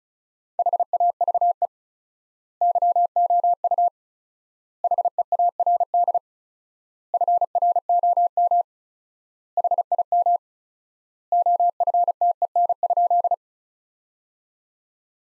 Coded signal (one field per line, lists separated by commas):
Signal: Morse code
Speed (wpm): 34 wpm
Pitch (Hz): 700 Hz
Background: none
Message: HAVE YOU HEARD FROM HIM OFTEN?